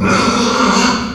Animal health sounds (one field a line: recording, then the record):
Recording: squeal of a Yucatan mini pig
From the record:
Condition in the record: after surgery on the right vocal fold (resection and tissue-engineered implant)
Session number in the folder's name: 16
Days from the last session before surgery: 183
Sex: female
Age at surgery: 19 weeks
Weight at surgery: 25 kg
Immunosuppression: prednisolone